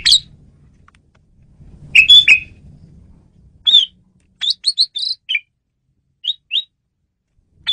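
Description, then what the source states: Asian pied starling giving scattered harsh whistles and short squawky notes, some in a quick run, separated by pauses; faint low background noise early on. Female bird, used as a lure bird.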